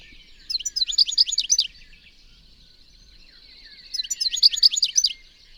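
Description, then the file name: European goldfinch: two short bursts of high twittering chirps separated by a pause. "Carduelis carduelis"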